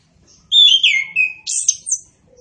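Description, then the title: Orange-headed thrush song: one loud, rich phrase of falling whistles followed by higher scratchy, buzzy notes. Bird singing persistently (gacor); also called punglor kembang; song described as ngeplong. "Anis Kembang Gacor. Anis Kembang Punglor Kembang Ngeplong"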